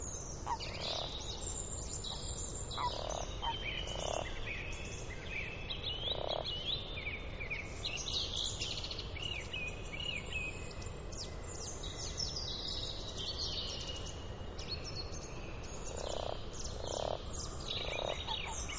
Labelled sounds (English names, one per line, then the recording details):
Common Frog call
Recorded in the wild
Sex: male
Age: adult
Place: Brunow, Gamengrund, Brandenburg, DE
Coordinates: 52.7264, 13.8958
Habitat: lake
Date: 1995-04-22 20:45
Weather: Wasser: 11°C, Luft: 11°C, heiter
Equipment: Sony TCD-D3, Sennheiser ME 80, K 30 AV, Stativ und Windkorb
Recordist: Frommolt, Karl-Heinz